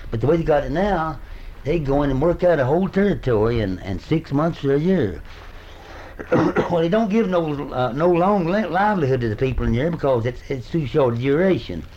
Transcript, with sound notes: But the way they got it now, they’d go in and work out a whole territory in, in six months or a year. [coughs] Well, they don’t give no, no long livelihood to the people in here, because it’s, it’s too short a duration.